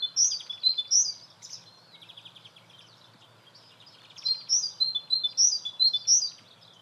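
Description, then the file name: Great tit calls, high sharp chirps with buzzy churring notes, in two bursts with a softer passage between. "Parus major"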